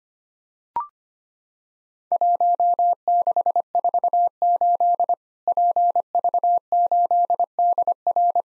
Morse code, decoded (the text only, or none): 1648 PV8DR